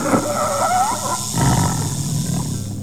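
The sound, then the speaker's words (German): A leopard snarls and growls while fighting a snake: a wavering, squealing cry gives way to a loud, rough, continuous growl that rumbles on with a steady hiss of noise above it. “Als Zubu die Augen wieder öffnete, sah er den Leoparden mit der Schlange ringen.”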